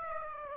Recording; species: mosquito wingbeat signal from an infrared sensor; Aedes aegypti